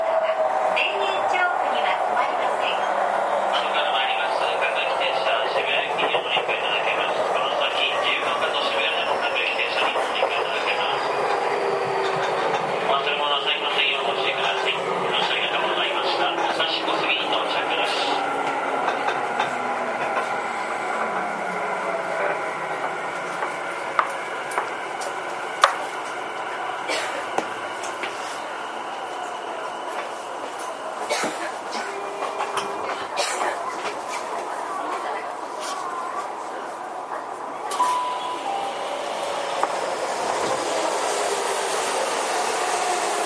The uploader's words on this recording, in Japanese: 東急5050系4000番台 元町・中華街ー渋谷。東急東横線、みなとみらい線で録音をしました。東急5050系 元町•中華街-渋谷。